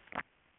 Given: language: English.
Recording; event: throat vibration sensor signal played as sound; swallow